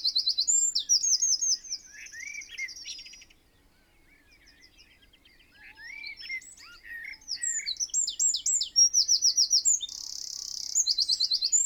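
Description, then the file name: Eurasian wren song, two loud bursts of very high, fast trills and chatter separated by a quieter gap with soft twittering. "Troglodytes troglodytes"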